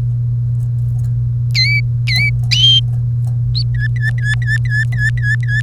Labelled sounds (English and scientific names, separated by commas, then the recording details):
Domestic Canary (Serinus canaria) song
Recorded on 1 May 2018 at 08:01
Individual llb3